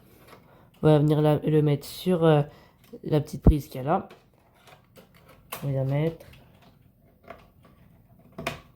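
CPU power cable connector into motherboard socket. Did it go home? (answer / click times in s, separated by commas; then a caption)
yes / 8.5 s. Someone talks while the CPU power cable's plastic connector is pushed onto the small socket on the motherboard. Its latch catches with a sharp click at 8.5 s, and the connector is seated.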